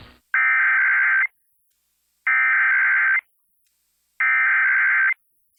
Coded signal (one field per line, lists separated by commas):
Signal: Emergency Alert System (SAME) tones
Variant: header bursts